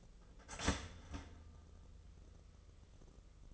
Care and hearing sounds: daily activity, microphone in the room; start toaster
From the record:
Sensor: 4

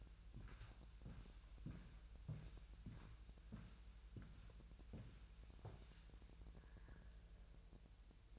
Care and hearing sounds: daily activity, microphone in the room; walk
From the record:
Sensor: 2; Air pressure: 1001.9 hPa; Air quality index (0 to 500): 229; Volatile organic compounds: 57 ppm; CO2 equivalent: 3378 ppm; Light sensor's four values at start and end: 6/15/6/7 and 7/16/7/7

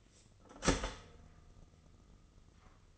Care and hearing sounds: daily activity, microphone in the room; start toaster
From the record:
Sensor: 4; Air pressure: 996.1 hPa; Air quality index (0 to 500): 66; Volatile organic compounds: 2 ppm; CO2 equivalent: 1185 ppm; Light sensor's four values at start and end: 13/30/12/13 and 12/27/11/11

